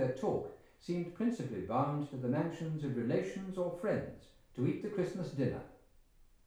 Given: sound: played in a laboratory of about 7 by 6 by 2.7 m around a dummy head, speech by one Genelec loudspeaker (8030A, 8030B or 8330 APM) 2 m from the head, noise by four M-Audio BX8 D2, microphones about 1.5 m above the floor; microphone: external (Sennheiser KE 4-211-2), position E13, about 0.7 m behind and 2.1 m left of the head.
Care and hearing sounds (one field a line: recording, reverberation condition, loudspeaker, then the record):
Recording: male speech in English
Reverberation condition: medium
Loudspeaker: 150 degrees to the left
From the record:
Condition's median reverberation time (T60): about 510 ms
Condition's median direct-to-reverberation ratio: about -0.5 dB